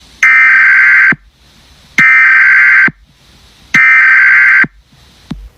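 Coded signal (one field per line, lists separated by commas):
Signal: Emergency Alert System (SAME) tones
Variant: header bursts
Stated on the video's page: Fictional EAS scenario.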